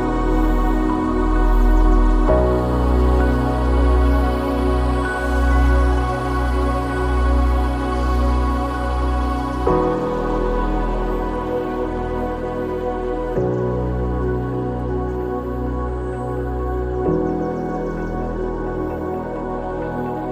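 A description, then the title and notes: Gentle piano plays sustained, slowly changing chords every few seconds over a low, steady hum, with faint bird chirps barely emerging above. Relaxing Music, Gentle Piano Notes & Peaceful Birds Singing In A Blossoming Field. Gentle piano melodies sweep over the air, accompanied by the soft singing of birds.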